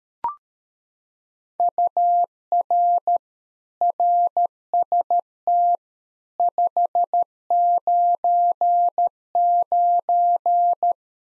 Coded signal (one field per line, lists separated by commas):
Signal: Morse code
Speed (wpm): 13 wpm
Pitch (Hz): 700 Hz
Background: none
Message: UR RST 599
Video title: Practice QSO - Complete One-Sided - 13wpm